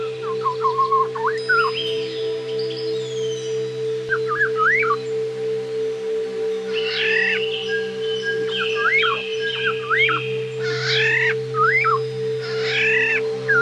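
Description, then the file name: Black-naped oriole whistled song, short slurred notes rising and falling, with some harsher, higher calls and a steady low hum throughout. "terapi alam kepodang"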